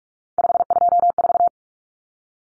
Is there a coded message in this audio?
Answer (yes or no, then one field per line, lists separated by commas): yes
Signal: Morse code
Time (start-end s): 0.4-1.5 s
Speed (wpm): 44 wpm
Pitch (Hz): 700 Hz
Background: none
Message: 524